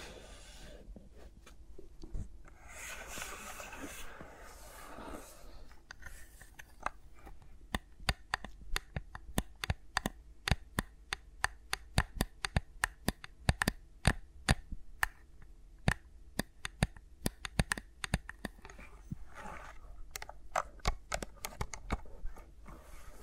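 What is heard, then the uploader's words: Fingers move against microphones in a no-talking ASMR recording. The first five seconds hold soft rubbing and brushing, then dense, irregular sharp taps and clicks fill the rest, some louder than others, over a low, faint hum. ASMR with Mics Around My Fingers (No Talking).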